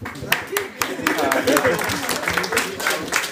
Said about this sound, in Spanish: ¡Muy bien, un aplauso!